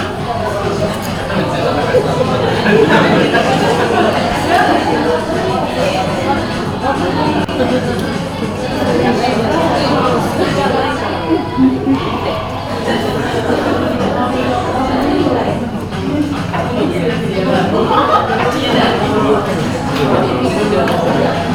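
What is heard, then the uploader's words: Inside a busy cafe in Japan, many voices overlap in a steady, dense murmur of conversation with no single speaker standing out. The level holds even throughout, with a faint low hum underneath and occasional brief clinks and louder words rising from the crowd. Japan Sounds - Cafe Ron Ron.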